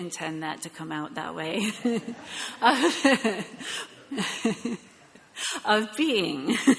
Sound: laughing